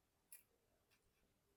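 A metal butane gas canister, its upper hook set into the gap, is rotated in the holder of a portable camping stove. A sharp click at 0.3 s marks it locking into place, and faint handling sounds follow.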